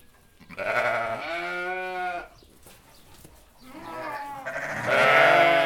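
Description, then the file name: Sheep bleats: a long tremulous bleat, softer calls, then a loud bleat to finish. A flock of sheep bleating "be be be". "tieng bay cuu keu be be be"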